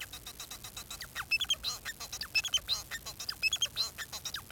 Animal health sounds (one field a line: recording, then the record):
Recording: song of a male Bengalese finch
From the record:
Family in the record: son of father 4